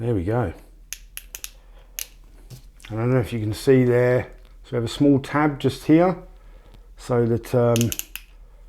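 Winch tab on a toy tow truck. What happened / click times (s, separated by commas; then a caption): The plastic tab is handled but has not yet clicked into place / none. Someone talks while handling the tow-cable winch on a vintage plastic toy tow truck, turning it toward where a small tab should click into place. Short, sharp ticks sound around 0.9, 1.2, 1.4, 2.0 and 8.2 seconds between the speech. The clip ends with nothing seated or clicked into place yet.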